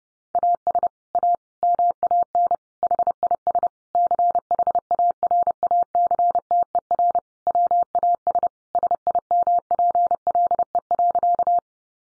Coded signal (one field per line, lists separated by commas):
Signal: Morse code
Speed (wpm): 28 wpm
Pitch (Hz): 700 Hz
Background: none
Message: AS A MAN HIS CHARACTER WAS SIMPLE.